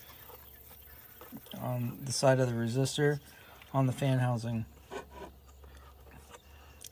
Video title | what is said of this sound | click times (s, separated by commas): Ram ProMaster Van Radiator Fan Resistor Replasement | and that's it and then it's locked in and then we have to do the little little screw on the right side | 6.8 s